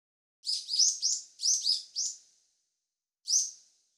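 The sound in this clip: Bird calling with a quick run of about seven high, sharp chirps, then a pause and one final chirp; no other sounds.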